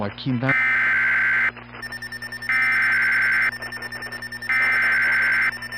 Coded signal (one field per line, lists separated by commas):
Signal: Emergency Alert System (SAME) tones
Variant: header bursts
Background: speech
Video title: Temper Tantrum (EAS Scenario)